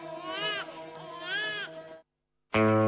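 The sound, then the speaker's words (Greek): An infant wails in two long, rising-and-falling cries with strong harmonics, then after a brief silence a louder, steadier cry starts abruptly. “Πώς θα σηκωθώ, βρε γυναίκα, το πρωί να πάω στη δουλειά μου.”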